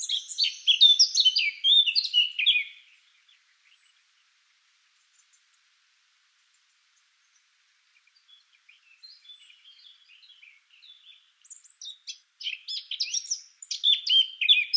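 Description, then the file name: Eurasian blackcap song: a loud jumbled warble at the start, a long soft pause with faint twitters, then a renewed burst of quick notes. "Sylvia atricapilla"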